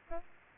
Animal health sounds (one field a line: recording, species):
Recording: mosquito wingbeat signal from an infrared sensor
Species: Aedes albopictus